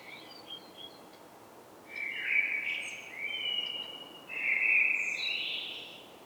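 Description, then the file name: Eurasian blackbird delivering a drawn-out mellow warble that rises into thin, high twittering, preceded by a few faint squeaky notes. "Turdus merula"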